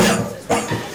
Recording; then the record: coughing mixed with background sound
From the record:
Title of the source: Cough Around the Clock!